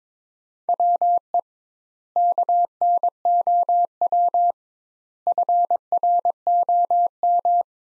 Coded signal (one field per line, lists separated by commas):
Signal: Morse code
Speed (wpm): 22 wpm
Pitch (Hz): 700 Hz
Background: none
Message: WE KNOW FROM